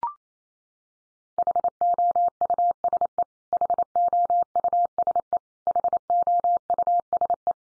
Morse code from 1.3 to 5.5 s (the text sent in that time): HOUSE HOUSE